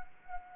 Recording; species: mosquito wingbeat signal from an infrared sensor; Anopheles gambiae